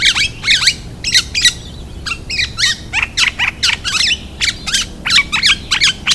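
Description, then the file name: Olive-backed oriole calling with a steady stream of scratchy, downslurred squawks, with a soft hiss behind. "Oriolus Sagittatus"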